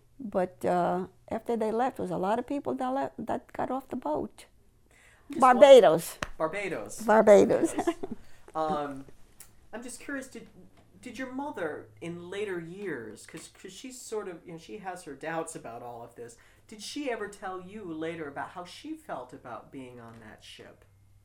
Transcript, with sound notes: But ah, after they left, there was a lot of people that got off the boat. Barbados.
Barbados.
Barbados. (laughing)
I'm just curious. Did your mother, in later years, cause she sort of, she has her doubts about all of this, did she ever tell you later about how she felt about being on that ship?